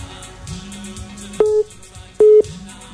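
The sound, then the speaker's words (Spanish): A landline call tone sounds twice, short steady mid-pitched beeps spaced about a second apart, over a low background hum. “Ahí está llamando al teléfono de línea, a ver si nos podemos comunicar.”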